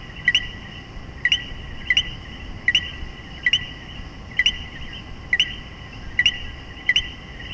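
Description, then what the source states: Common coquí calling, a two-note co-QUI with the second note rising higher, repeated roughly every second over a faint steady background hum. Puerto Rico.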